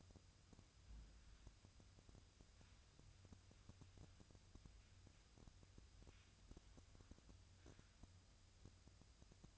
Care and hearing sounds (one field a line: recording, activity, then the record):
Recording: daily activity, microphone in the room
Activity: wipe stove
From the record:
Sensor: 2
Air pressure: 1004.7 hPa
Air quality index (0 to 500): 73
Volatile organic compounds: 1 ppm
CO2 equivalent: 867 ppm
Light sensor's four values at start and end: 7/16/7/7 and 7/16/7/7